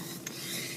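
A seatbelt tongue is released from the seat buckle in a 2014 Ford Mustang GT Convertible as the buckle release is pressed. A short, sharp click is heard at 0.3 seconds over a steady broadband rasping, rubbing noise. The belt comes free and the buckle is released.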